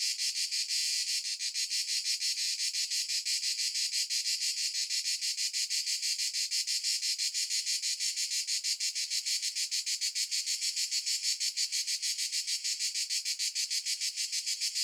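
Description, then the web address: Cicada song, a loud continuous buzzing trill pulsing rapidly, steady throughout with no other sounds. Single cicada at noon in the countryside of Italy. "justsoundeffects - Crickets and Cicadas. Single Cicada Noon Countryside Italy"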